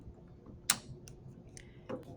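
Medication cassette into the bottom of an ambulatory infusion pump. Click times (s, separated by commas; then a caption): 0.7 s. A plastic medication cassette, with its prongs already hooked into the end of an ambulatory infusion pump, is pushed against the bottom of the pump. A sharp, loud click at 0.7 s shows the cassette has seated in place. Fainter ticks follow around 1.1, 1.6 and 1.9 s.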